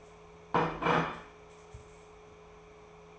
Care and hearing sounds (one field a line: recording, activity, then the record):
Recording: daily activity, microphone in the room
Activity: place plate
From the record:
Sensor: 1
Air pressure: 1015.1 hPa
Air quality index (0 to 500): 200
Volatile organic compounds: 25 ppm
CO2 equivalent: 2830 ppm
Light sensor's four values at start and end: 28/70/30/36 and 28/70/30/36